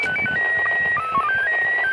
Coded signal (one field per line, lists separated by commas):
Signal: SSTV (slow-scan television)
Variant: PD 180